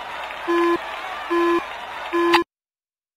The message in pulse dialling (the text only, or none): none